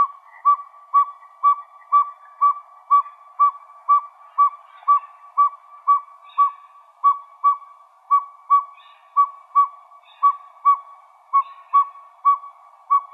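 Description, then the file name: Northern pygmy owl tooting: a long, steady run of short, hollow whistled notes continuing throughout. Recorded in Arizona. "NOPO 1 deviche"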